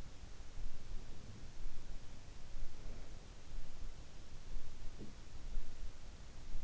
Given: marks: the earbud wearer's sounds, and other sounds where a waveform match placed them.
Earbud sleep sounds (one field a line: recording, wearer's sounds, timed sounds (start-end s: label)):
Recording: sounds in sleep by an in-ear microphone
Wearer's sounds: breath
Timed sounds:
0.77-1.67 s: breath
2.45-3.32 s: breath
4.61-5.32 s: sound from someone else or the room